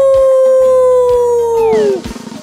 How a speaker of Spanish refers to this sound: ¡Es el lobo! ¡Hola, lobo!